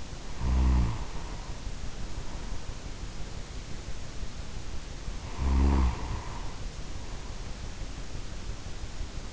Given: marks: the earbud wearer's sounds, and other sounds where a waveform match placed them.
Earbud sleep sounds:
sounds in sleep by an in-ear microphone; snoring breath
0.24-2.75 s: snoring breath
4.87-7.73 s: snoring breath

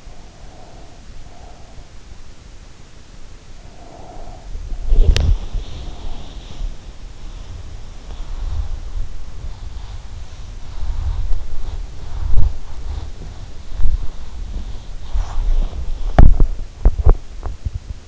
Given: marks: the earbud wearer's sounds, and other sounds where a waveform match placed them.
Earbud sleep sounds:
sounds in sleep by an in-ear microphone; breath, body movement
0.00-1.89 s: breath
3.78-6.51 s: breath
4.77-18.08 s: body movement

